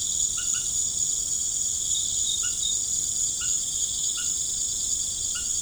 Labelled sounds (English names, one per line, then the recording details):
none
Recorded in pastures near Puerto Asís, Putumayo, Colombia, on 21 March 2025 at 18:30
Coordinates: 0.505, -76.324
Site GP08